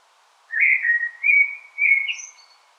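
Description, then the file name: Common blackbird phrase of three smooth fluted notes, slightly rising, finishing with a faint thin high twitter. "Turdus merula"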